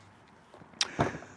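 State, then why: Seated. A ball lock quick-disconnect coupling is pushed down onto a metal keg post and locks in place with a sharp click at 0.8 s. A second, lower thump follows at about 1.0 s, and the coupling is seated.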